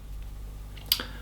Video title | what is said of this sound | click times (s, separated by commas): Umarex / KWA Beretta PMX 🇮🇹 Gas Blowback - Airsoft Review Deutsch | I'll drive the shutter To the rear that it clicks into place | 0.9 s